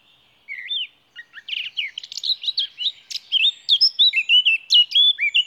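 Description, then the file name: Eurasian blackcap singing: a brief note, a chattering warble, then a strong, fast sequence of rich fluting whistles with looping, bending pitch to the close. "Sylvia atricapilla"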